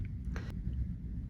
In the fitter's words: two clicks right there that go into the other second part